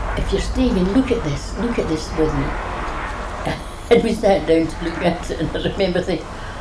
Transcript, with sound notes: If you're staying in, look at this, look at this film." [laughs] And we sat down to look at it and I remember thinking,